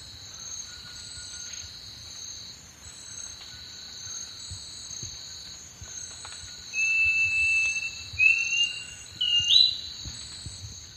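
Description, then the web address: Thrush-like schiffornis song: three clear, slurred whistles late, the last one rising, over a constant high buzzing insect drone. Eastern lowlands of South America. "S America Eastern Lowlands. Schiffornis turdina, song"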